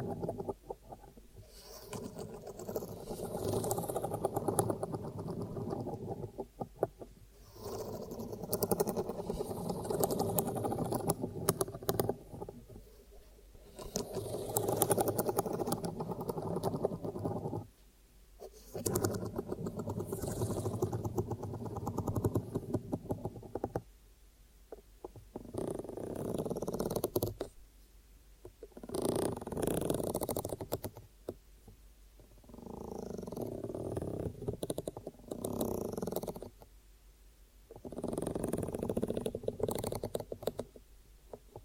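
Close ear triggers: soft, dense rustling and rubbing sounds, low and muffled, with a purring, rumbling texture. They come in long bursts of several seconds separated by brief silent pauses, about every five to seven seconds, with occasional brighter crinkly flicks.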